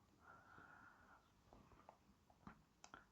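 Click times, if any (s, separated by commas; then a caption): 2.8 s. A glued plastic plasma cannon part is pushed into its socket in the weapon assembly of a Warhammer 40,000 Combat Patrol: Carnage miniature wargaming model. A faint steady hum and soft rustling lead into small taps at about 1.9 s and 2.5 s, then a sharp click at 2.8 s, followed by another quick tick at 2.9 s. The cannon part seats in place.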